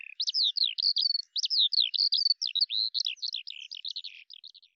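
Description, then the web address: Bird giving a fast, almost continuous run of sharp high chirps and buzzy slurs that tapers off in the last second. "Deverinetal 2025 File cleaned normalized Bird Al Ar"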